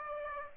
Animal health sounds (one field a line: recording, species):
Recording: mosquito wingbeat signal from an infrared sensor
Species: Aedes aegypti